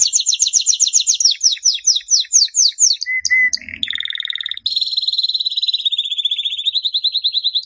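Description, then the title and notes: Canary singing a varied song: rapid high trills, a short lower whistled phrase, then long rolling buzzy trills held steady. Canary master song used as a training model for other canaries. "Suara Burung Kenari Masteran. master suara burung kenari mantap"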